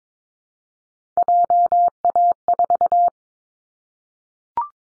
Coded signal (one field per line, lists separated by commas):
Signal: Morse code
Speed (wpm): 22 wpm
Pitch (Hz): 700 Hz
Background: none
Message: JA4